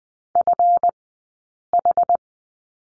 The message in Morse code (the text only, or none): FH